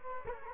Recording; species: mosquito wingbeat signal from an infrared sensor; Culex quinquefasciatus